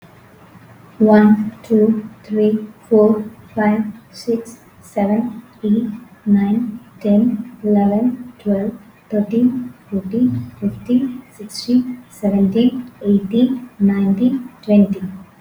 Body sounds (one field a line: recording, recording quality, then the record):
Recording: counting at a normal pace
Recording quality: excellent, no background noise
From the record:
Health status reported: healthy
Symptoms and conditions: none ticked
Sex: female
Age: 20 years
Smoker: not ticked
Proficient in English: yes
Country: India